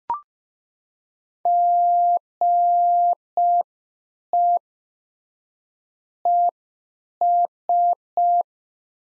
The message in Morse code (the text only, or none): GE ES